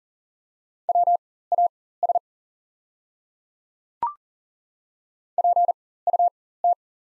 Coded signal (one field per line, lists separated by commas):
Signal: Morse code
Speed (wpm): 40 wpm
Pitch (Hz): 700 Hz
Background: none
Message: WAS PUT